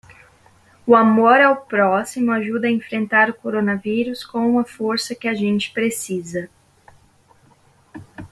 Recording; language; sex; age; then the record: spoken sentence; Brazilian Portuguese; female; 20 to 29 years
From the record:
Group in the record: control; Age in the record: 23 years